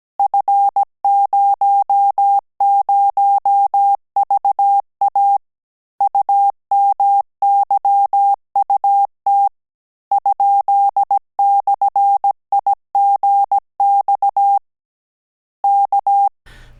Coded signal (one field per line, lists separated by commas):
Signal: Morse code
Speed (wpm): 17 wpm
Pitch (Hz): 800 Hz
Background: none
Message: F00VA UMYUT ?/IGX K